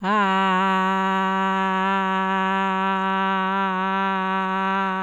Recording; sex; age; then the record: sustained vowel /a/; female; 50 to 59 years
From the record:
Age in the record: 55 years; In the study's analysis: included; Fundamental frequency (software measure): 191 Hz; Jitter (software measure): 0.28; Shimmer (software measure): 0.87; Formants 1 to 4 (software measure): 991 Hz, 1582 Hz, 2689 Hz, 3604 Hz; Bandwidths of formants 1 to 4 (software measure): 146 Hz, 375 Hz, 315 Hz, 336 Hz